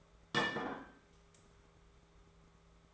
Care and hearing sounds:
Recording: daily activity, microphone in the room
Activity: place plate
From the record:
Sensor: 3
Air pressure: 1015.0 hPa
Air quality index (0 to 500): 207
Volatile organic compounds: 33 ppm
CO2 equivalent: 3026 ppm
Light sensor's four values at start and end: 18/44/18/19 and 18/46/19/20

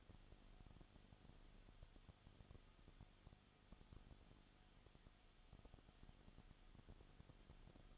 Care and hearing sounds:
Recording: daily activity, microphone in the room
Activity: no activity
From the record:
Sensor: 4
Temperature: 22.7 degrees Celsius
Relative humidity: 31.7%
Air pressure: 995.4 hPa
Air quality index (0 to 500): 158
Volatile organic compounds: 2 ppm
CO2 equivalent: 1256 ppm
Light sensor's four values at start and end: 2/3/1/1 and 2/3/1/1

